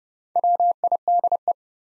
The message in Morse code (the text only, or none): WIDE